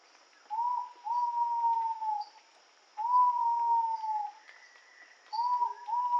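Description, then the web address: Ivory-breasted pitta repeating its whistle three times, roughly every two and a half seconds: usually a short lead note then a long, gently falling whistle. Recorded in Indonesia. "ULM-DS-Lab indonesian-bird-sounds. Pitta maxima"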